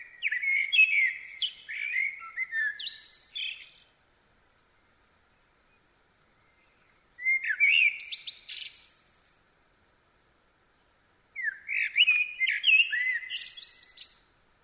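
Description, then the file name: Common blackbird singing three separate phrases, each a few low fluting whistles followed by high scratchy twittering, with silent pauses of about two to three seconds between. "Turdus merula"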